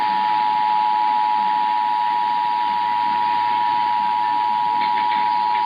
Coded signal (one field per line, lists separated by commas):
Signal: Emergency Alert System (SAME) tones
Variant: 853 and 960 Hz attention tone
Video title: KFBK Required Monthly Test | August 12, 2025 (EAS #18)